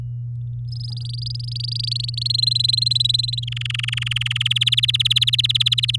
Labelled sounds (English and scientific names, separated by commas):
Domestic Canary (Serinus canaria) song